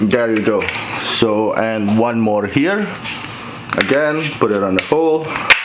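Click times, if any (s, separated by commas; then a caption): none. A caster wheel's metal stem is placed on the hole in a chair star base, ready to be pushed in, while someone talks over faint handling sounds. Nothing has seated or clicked yet.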